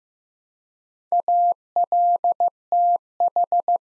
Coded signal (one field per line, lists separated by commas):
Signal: Morse code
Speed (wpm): 15 wpm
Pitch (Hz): 700 Hz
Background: none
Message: ALTH